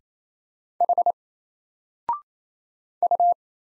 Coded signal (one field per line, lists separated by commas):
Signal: Morse code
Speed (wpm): 27 wpm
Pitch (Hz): 700 Hz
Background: none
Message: H U